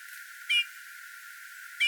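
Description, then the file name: Eurasian bullfinch calls: two short, soft piping whistles about a second and a quarter apart, with faint hiss between them. "Pyrrhula pyrrhula"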